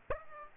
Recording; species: mosquito wingbeat signal from an infrared sensor; Aedes aegypti